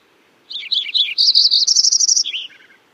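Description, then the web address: Lincoln's Sparrow song: a bubbly run of high, jumbled chirps leading into a fast, bright trill, then ending in a few lower, burry notes, about two seconds long. "Songs of Birds of North America Know Your Bird Sounds Common Western Species. Lincolns Sparrow"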